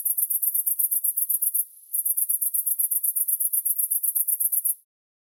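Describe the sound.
Cricket chirping in a very high, rapid pulsed trill, briefly pausing then resuming before stopping.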